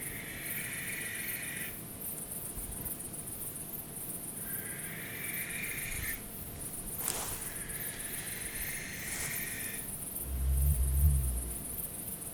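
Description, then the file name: Barn owl giving long, harsh hissing screeches of about two seconds each, three in a row, over a steady high insect trill, with a low thump near the end. Recorded 12 August 2014. "2014-08-12 schleier-eule"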